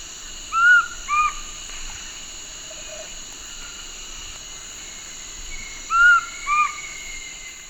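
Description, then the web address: Large-headed flatbill song: a soft two-note whistled phrase, the first note slurred and higher, the second shorter and lower, given twice about five seconds apart over steady insect hum. Recorded in Ecuador. "Birds of Ecuador 3. Large-Headed Flatbill"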